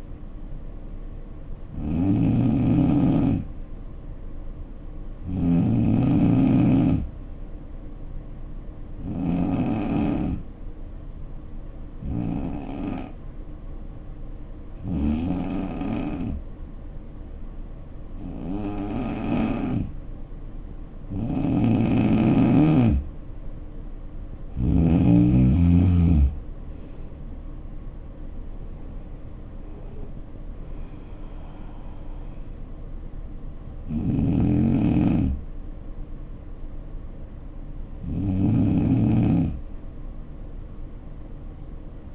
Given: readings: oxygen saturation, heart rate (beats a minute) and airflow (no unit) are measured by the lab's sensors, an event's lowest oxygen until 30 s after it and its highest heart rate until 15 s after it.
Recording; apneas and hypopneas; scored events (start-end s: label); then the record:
breathing in sleep by a smartphone at the bedside; 1
10.00-24.20 s: hypopnea (N2, oxygen 91% highest, then 83% lowest, heart rate 69 at the start, 78 highest)
From the record:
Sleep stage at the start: N2 (light sleep); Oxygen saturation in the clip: 83 to 91%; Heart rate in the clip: 56 to 78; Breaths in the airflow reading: 11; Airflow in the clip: -8.0 to 5.6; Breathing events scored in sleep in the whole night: 520 in 7.2 hours asleep